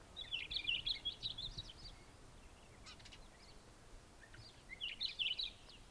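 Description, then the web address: Hume's wheatear singing, short bursts of scratchy warbled notes, then a pause and another brief burst, with light background hiss. "Hume's wheatear. صدای-پرنده-چکچک-شکم-سفید"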